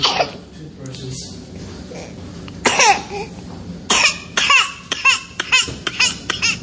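A loud strained burst with a high, drawn-out tone, then a rapid string of about ten sharp coughs with barely a breath between them. A paroxysmal coughing fit typical of whooping cough (pertussis) in a child, a disease that can be dramatic.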